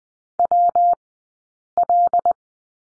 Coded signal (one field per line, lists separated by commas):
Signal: Morse code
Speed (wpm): 20 wpm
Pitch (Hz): 700 Hz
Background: none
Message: W L